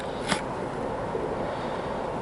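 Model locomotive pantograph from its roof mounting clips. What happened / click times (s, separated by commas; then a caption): The plastic part popped off its clips / 0.3 s. As the plastic pantograph on a Hornby InterCity Swallow class 87 model locomotive, 87010 'King Arthur', is raised, it pops off its roof mounting clips. A single sharp, bright click at 0.3 s marks it unclipping over a steady low background hiss. The pantograph is released from its clips.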